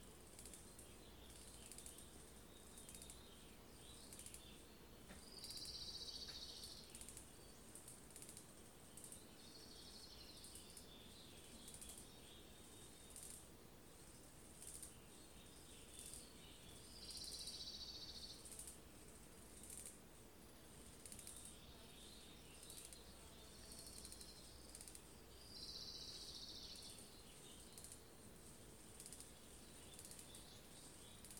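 A nature scene with a steady, airy hiss and a low rumble underneath. Short, bright chirping calls stand out every four to seven seconds, at about 6, 10, 17, 23 and 26 seconds, with faint rustling between them.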